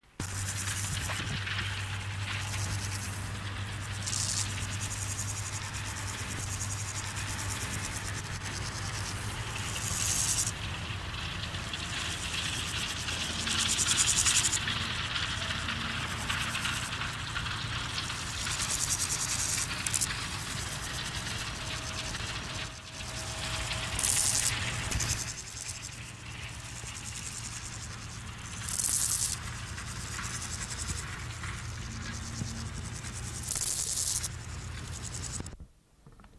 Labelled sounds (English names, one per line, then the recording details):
Lesser Marsh Grasshopper stridulation
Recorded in the wild
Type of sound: stridulation
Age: imago
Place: Rappelsdorf (b. Schleusingen), Thüringen, DE
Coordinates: 50.5, 10.7167
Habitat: wet meadow
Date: 1987-08-22 13:50
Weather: sunny, 24,7°C in the shade, 28,7°C in the sun
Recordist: Tembrock, Günter
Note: Feuchtwiese. Stridulation